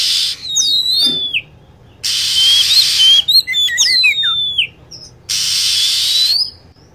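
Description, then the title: Lovebird chirps: high notes that drop steeply in pitch, plus a cluster of rapid twittering, between blocks of steady hiss. Lure sound used for attracting lovebirds. "PIKAT BURUNG LOVEBIRD"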